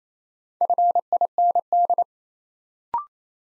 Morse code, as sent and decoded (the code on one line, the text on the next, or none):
..-. .. -. -..
FIND